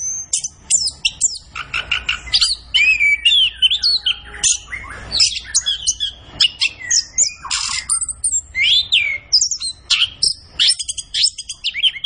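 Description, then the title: Orange-headed thrush singing a long medley of bright whistles, trills and sweeping slurred notes, changing phrase rapidly. Bird singing vigorously and continuously (gacor); used to train songbirds in Indonesian songbird keeping. "Anis Kembang Gacor"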